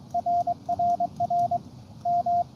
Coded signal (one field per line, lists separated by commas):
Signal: Morse code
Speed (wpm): 23 wpm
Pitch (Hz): 700 Hz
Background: radio noise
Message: RRR M